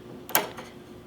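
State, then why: Not seated. A bobbin case holding a bobbin is pushed onto the shuttle of a Singer 2277 Tradition Essential sewing machine and closed. A faint tap at 0.3 s is followed by a sharper, louder plastic-like tap at 0.4 s and a faint tick near 1.1 s. The bobbin case has not caught or seated; it is in wrong.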